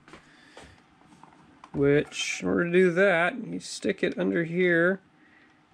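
A plastic tail piece from a novelty cat clock is picked up and positioned under the clock body, ready to be pulled down to lock into place. Quiet handling noises and a few small taps come first, then someone talks from about 1.7 s to 5 s. The tail has not seated or clicked into place yet.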